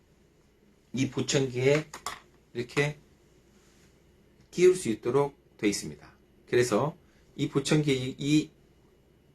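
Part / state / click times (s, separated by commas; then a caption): silicone ear dome onto hearing aid / not seated / none. A silicone ear dome is being handled to be pushed onto a hearing aid's sound outlet, but nothing has seated or clicked yet. Over faint background noise, someone talks in several bursts throughout the clip, with no distinct click heard.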